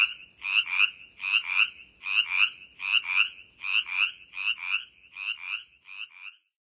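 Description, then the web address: Brimley's chorus frog calling in repeated rasping double trills at a regular pace that fade out near the end, leaving silence. In North America. "Songs of Frogs Toads of North America. Brimleys Chorus Frog"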